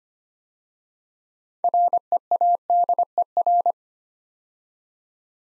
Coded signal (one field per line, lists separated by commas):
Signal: Morse code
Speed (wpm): 25 wpm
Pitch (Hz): 700 Hz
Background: none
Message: READER